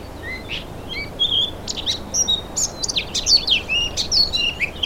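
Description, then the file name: Eurasian blackcap warbling: a few thin whistles lead into a fast, jumbled run of sweet and scratchy notes that continues to the end. "Sylvia atricapilla"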